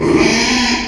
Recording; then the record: squeal of a Yucatan mini pig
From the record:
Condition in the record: after surgery on the right vocal fold (resection and tissue-engineered implant); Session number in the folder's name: 2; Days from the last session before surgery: 13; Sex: male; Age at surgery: 12 weeks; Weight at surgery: 13 kg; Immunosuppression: cyclosporine, prednisolone